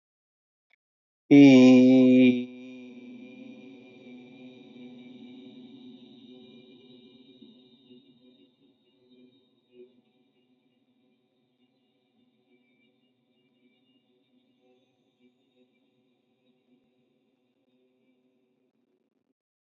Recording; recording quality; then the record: sustained vowel as in beet; excellent, no background noise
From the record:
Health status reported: healthy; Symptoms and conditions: none ticked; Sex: male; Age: 38 years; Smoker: not ticked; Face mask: not worn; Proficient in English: yes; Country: India